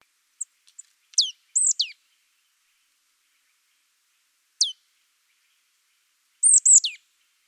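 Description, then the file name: Marsh tit calls: sharp, high notes, several dropping steeply in pitch, given in short bursts and singly, with pauses between. "Poecile palustris"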